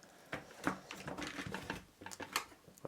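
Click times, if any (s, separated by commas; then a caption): none. A brown plastic connector piece is fitted onto a red plastic bridge piece of a TOMY Thomas Big Loader train play set and judged good enough. Only small plastic handling knocks are heard, sharpest around 0.3, 0.7, 1.5, 1.7, 2.1 and 2.4 seconds. Nothing has clicked yet.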